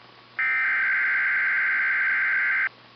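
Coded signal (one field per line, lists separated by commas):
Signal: Emergency Alert System (SAME) tones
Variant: header bursts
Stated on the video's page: Weatheradio Canada severe thunderstorm watch from the Saskatoon transmitter on 162.550 MHz.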